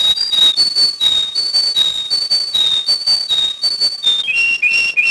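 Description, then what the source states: Domestic canary whistling a repeated pair of clear notes, high then lower, ending with a slightly lower series. Bunting-type song (ovsyanochny napev).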